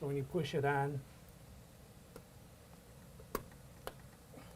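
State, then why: Seated. Someone talks briefly as a plastic extension sleeve, its protrusion lined up, is pushed onto the volume handle of a GROHE Rapido SmartBox shower valve. Two sharp clicks follow at 3.4 s and 3.9 s as the sleeve locks into place on the handle.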